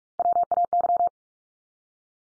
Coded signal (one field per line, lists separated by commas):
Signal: Morse code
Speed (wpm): 44 wpm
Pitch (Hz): 700 Hz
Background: none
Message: WAY